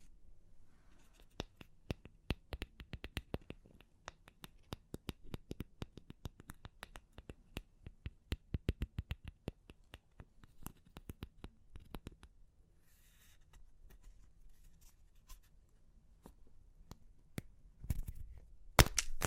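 Crunchy clay cracks in dense, rapid bursts of sharp snaps through the first twelve seconds, then thinning to sparse crackles before a louder final crunch.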